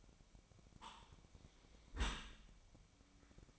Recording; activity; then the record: daily activity, microphone in the room; close dishwasher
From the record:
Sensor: 1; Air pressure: 1003.1 hPa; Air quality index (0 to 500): 197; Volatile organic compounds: 6 ppm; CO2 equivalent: 1882 ppm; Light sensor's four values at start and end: 17/42/17/21 and 17/42/17/21